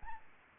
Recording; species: mosquito wingbeat signal from an infrared sensor; Aedes albopictus